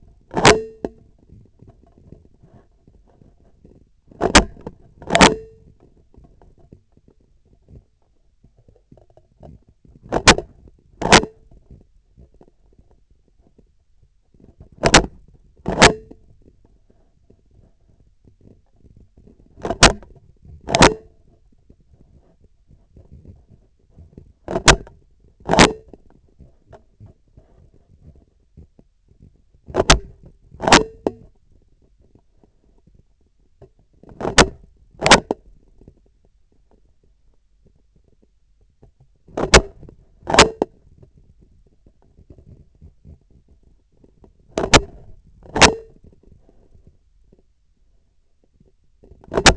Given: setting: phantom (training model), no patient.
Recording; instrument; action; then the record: laparoscopic instrument, vibration sensor on the handle end; scissors; opening and closing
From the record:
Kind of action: tool actuation without material contact